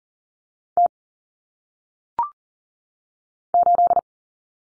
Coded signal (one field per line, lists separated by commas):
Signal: Morse code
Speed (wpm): 42 wpm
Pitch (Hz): 700 Hz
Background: none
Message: T 8